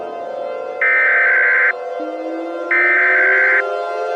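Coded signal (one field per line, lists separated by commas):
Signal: Emergency Alert System (SAME) tones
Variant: header bursts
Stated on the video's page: Fictional EAS scenario, not a real alert.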